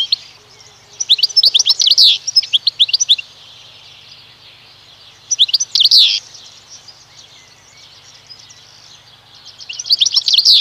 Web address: Ptaki Szczygieł